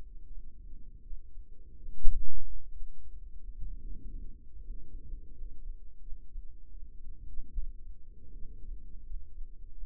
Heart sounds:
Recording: heart sounds by microphone in the right ear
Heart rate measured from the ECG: 82 bpm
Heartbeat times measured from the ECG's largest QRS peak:
0.28 s: heartbeat
1.03 s: heartbeat
1.79 s: heartbeat
2.45 s: heartbeat
3.12 s: heartbeat
3.82 s: heartbeat
4.61 s: heartbeat
5.34 s: heartbeat
6.02 s: heartbeat
6.73 s: heartbeat
7.53 s: heartbeat
8.35 s: heartbeat
9.06 s: heartbeat
9.73 s: heartbeat
From the record:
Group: healthy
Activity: rest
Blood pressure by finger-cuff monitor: 144/63 mmHg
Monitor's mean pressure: 89 mmHg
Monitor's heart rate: 81 bpm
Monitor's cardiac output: 9 L/min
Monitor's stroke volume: 109 mL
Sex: female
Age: 22 years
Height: 160 cm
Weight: 63 kg

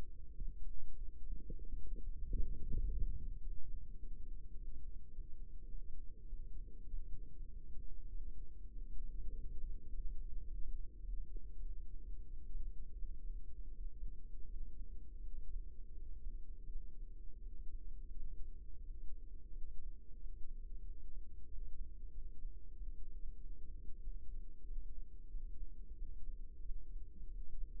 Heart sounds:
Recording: heart sounds by microphone in the right ear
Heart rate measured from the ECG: 94 bpm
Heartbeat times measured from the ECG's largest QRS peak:
0.33 s: heartbeat
0.94 s: heartbeat
1.56 s: heartbeat
2.19 s: heartbeat
2.79 s: heartbeat
3.38 s: heartbeat
3.96 s: heartbeat
4.53 s: heartbeat
5.10 s: heartbeat
5.67 s: heartbeat
6.26 s: heartbeat
6.85 s: heartbeat
7.45 s: heartbeat
8.06 s: heartbeat
8.68 s: heartbeat
9.30 s: heartbeat
9.89 s: heartbeat
10.46 s: heartbeat
11.03 s: heartbeat
11.61 s: heartbeat
12.25 s: heartbeat
12.95 s: heartbeat
13.71 s: heartbeat
14.46 s: heartbeat
15.20 s: heartbeat
15.94 s: heartbeat
16.67 s: heartbeat
17.39 s: heartbeat
18.11 s: heartbeat
18.81 s: heartbeat
19.49 s: heartbeat
20.15 s: heartbeat
20.81 s: heartbeat
21.45 s: heartbeat
22.09 s: heartbeat
22.72 s: heartbeat
23.35 s: heartbeat
23.99 s: heartbeat
24.62 s: heartbeat
25.27 s: heartbeat
25.94 s: heartbeat
26.61 s: heartbeat
27.28 s: heartbeat
From the record:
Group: healthy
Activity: rest 0-9 s, breath hold 9-28 s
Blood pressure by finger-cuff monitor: 98/61 mmHg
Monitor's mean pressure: 73 mmHg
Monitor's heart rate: 94 bpm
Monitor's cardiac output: 6.8 L/min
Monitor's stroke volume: 70 mL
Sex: male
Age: 22 years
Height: 181 cm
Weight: 60 kg

